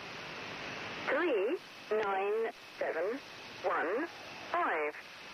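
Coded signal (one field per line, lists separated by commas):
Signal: numbers station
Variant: Lincolnshire Poacher, English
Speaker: the beginning of a transmission from a now defunct number station known as the lincolnshire poacher so called because the call sign uses the melody from an old english folk song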